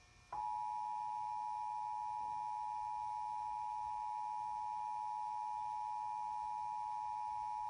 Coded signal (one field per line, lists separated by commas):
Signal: Emergency Alert System (SAME) tones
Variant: 853 and 960 Hz attention tone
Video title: EAS: New York City Required Monthly Test (9/10/2025)